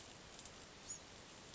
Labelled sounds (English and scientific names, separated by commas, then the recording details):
Bewick's Wren (Thryomanes bewickii)
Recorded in Sonoma County, California